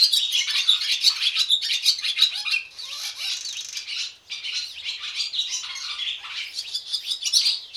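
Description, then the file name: Swallow twittering with dense, scratchy high chatter and short squeaky notes, briefly pausing midway before resuming. "jaskółka"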